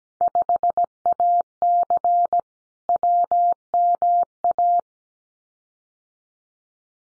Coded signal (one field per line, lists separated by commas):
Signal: Morse code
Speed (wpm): 17 wpm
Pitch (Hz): 700 Hz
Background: none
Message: 5AC WMA